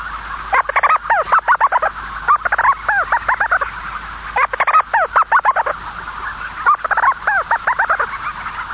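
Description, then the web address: Storm petrel chattering calls: four bursts of rapid, arched, nasal notes strung together, with short pauses between. "sikioto. umitsubame"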